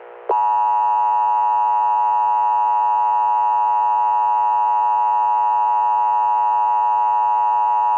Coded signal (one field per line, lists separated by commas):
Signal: Emergency Alert System (SAME) tones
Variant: 853 and 960 Hz attention tone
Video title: EAS Scenario - The End Of The World